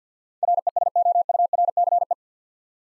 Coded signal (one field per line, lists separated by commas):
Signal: Morse code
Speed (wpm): 50 wpm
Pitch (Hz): 700 Hz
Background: none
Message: RESOURCE